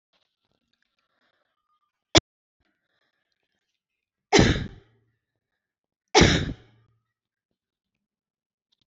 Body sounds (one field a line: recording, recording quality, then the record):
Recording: heavy voluntary cough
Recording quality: moderate, slight background noise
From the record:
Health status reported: healthy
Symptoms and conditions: none ticked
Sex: female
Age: 29 years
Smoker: not ticked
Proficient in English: no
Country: India